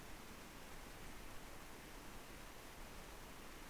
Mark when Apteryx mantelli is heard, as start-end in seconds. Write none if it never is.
none